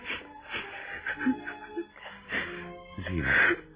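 A woman cries softly, with shaky, breathy whimpers and sniffling gasps in uneven bursts that swell into a louder, strained sob near the end.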